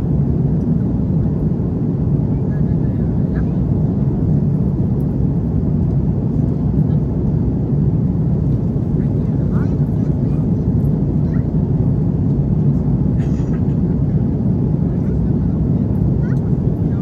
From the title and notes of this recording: FULL FLIGHT - Airbus A330 Palma to Frankfurt (Condor). Full flights with all of it's sounds including passenger announcements, service and of course the engines.